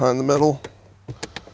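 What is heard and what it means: A plastic door trim panel for a 2016 Jeep Wrangler is tucked behind the metal of the door frame during a front speaker install while someone talks. After the talking stop short, sharp taps land at about 1.2 and 1.4 seconds, but the panel has not snapped into place yet.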